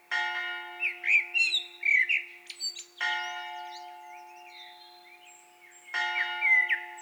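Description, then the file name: Eurasian blackbird warbling and twittering between loud droning tones that start every three seconds or so. "Turdus merula"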